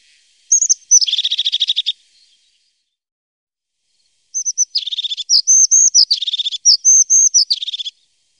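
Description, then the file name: Crested tit calling: high, thin notes running into buzzy, rolling trills, in a short bout and then a longer one after a pause of a couple of seconds. "Tofsmes"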